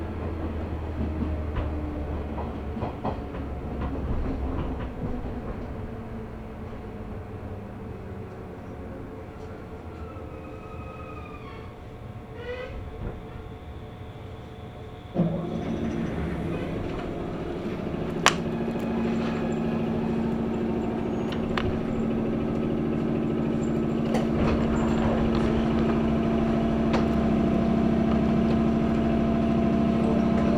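A local train runs on the Chuo East Line between Nirasaki and Higashi-Yamanashi. For the first fifteen seconds a low, rumbling ride holds steady with a few brief chirps and squeals. Then a sustained low motor hum starts abruptly and continues, joined by occasional clicks and knocks.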